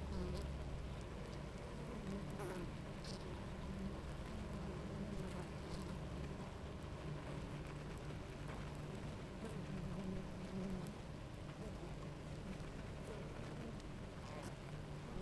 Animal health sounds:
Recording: honeybee colony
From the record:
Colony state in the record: active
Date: 28 July 2017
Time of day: 10:14

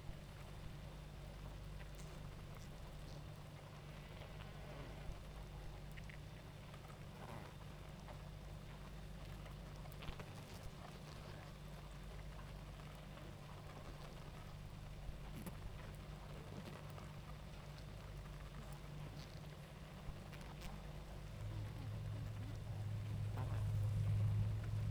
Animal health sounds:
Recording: honeybee colony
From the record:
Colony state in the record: active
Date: 28 July 2017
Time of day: 19:17

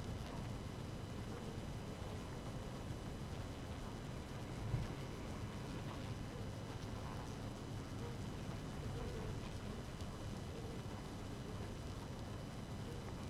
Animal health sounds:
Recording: honeybee colony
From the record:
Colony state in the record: active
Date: 12 June 2018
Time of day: 5:02

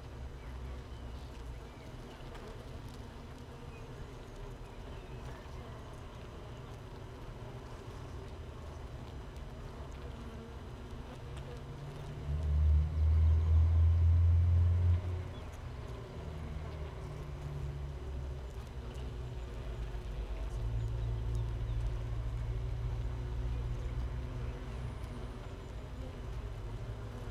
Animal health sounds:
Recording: honeybee colony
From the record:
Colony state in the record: missing queen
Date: 31 May 2018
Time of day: 15:37

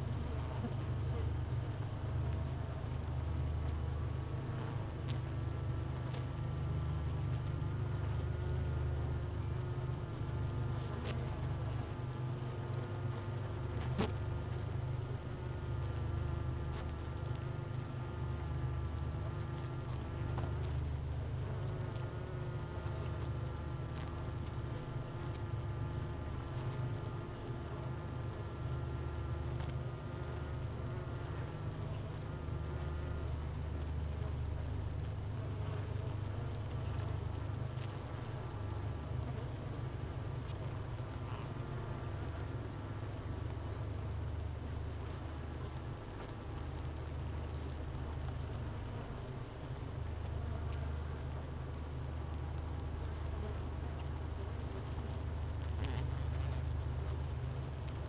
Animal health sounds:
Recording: honeybee colony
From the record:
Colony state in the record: missing queen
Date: 31 May 2018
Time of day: 10:04

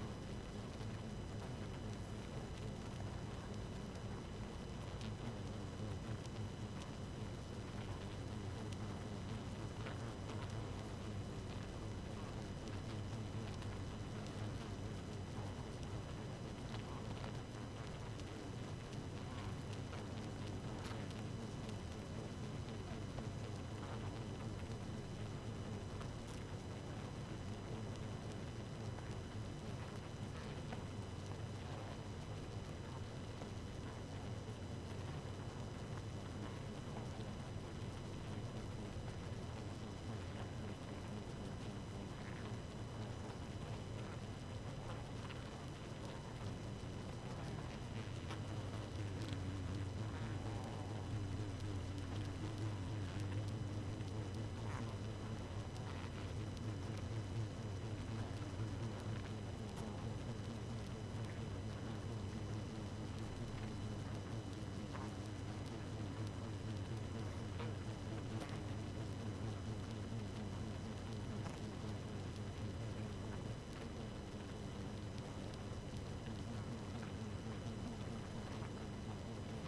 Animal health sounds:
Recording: honeybee colony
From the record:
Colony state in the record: active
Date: 12 June 2018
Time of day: 0:31

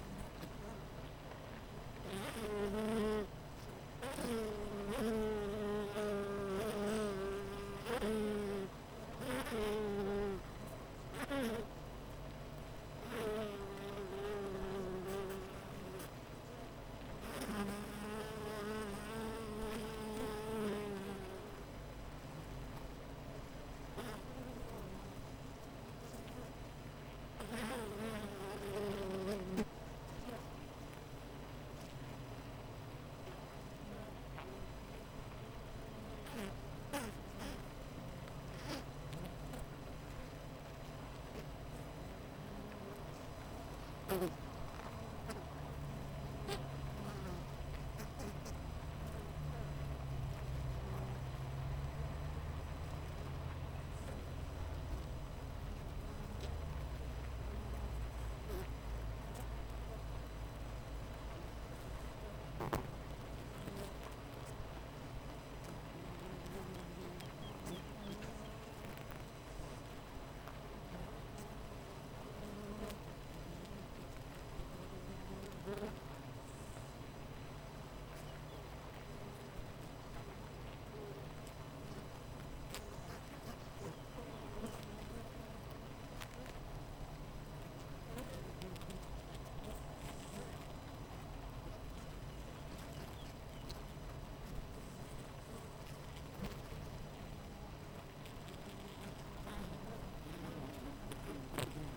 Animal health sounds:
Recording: honeybee colony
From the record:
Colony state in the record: missing queen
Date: 14 July 2017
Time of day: 7:50

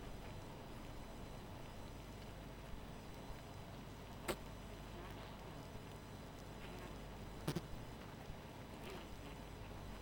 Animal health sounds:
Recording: honeybee colony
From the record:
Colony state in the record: missing queen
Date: 14 July 2017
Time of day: 0:43

